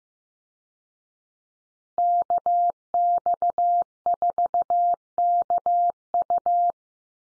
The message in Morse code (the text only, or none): KX4KU